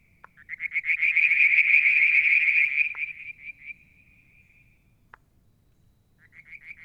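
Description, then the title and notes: Frogs: frog trill building to a loud pulsed burst, trailing off into quieter notes, a pause with a click, then pulses starting again. One evening near the water tank at Mount Wilson, New South Wales, Australia, July 2022. "Frog song, Mount Wilson, New South Wales, Australia in July 2022 – by Alexander Moffatt. Limnodynastes Peronii, Litoria Verreauxii and a mystery frog one evening near the water tank"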